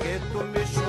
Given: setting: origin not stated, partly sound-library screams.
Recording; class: one-second piece from a danger detection set; normal situation